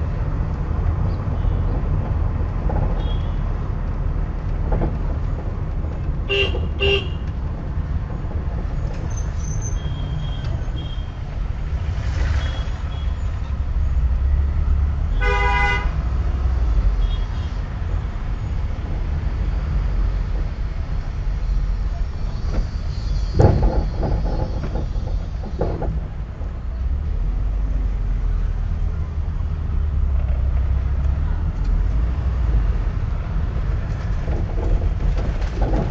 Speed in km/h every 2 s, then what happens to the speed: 28, 26, 24, 19, 17, 11, 11, 15, 13, 11, 10, 9, 7, 7, 11, 16, 15, 8.
0-10 slows to 11. 10-15 steady at about 11. 15-26 slows to 7. 26-31 speeds up to 16. 31-36 slows to 8.